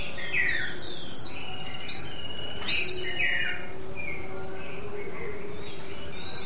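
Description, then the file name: Babbler calls: sharp, descending chirps near the start and around three seconds, then softer scattered notes, over a steady low rumble and faint high hiss. "White eye babbler other"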